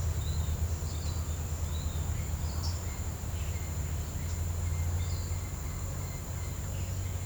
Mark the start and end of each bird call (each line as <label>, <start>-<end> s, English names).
Piratic Flycatcher, 0.15-6.84 s